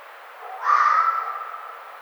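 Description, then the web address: Red fox call: one drawn-out, rasping scream that swells up quickly, carries a steady tone, then tapers away over steady noise. Recorded on 1 May 2009. "Red Fox 2009 05 01 Red Fox"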